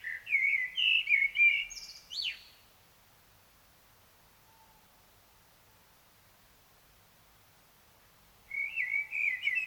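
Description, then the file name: Common blackbird song: a low, fluted warbling phrase ending in a squeaky high twitter, then quiet, then another warbled phrase begins. "Turdus merula"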